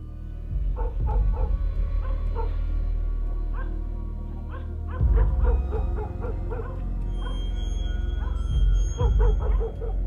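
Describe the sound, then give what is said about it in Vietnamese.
Several dogs, villagers' hunting dogs and police service dogs, bark and yap excitedly in rapid, overlapping bursts near the end of Mr. Khanh's large garden, sharp high yips mixed with deeper barks, continuing loudly over a low rumbling background without letup. “Cho đến khi bất giác, ngay một đoạn cách cuối khu vườn rộng của nhà ông Khanh, mấy con chó cứ thế sùng sục chạy sang bên đó, rồi chõ vào bên đó mà sủa nhóm nha nhóm nhẳng lạ lắm.”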